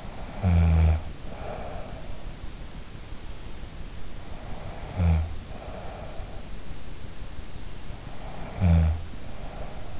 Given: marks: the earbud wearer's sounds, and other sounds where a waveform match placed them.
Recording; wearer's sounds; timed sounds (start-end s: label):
sounds in sleep by an in-ear microphone; snoring breath
0.00-2.04 s: snoring breath
4.21-6.49 s: snoring breath
7.96-9.98 s: snoring breath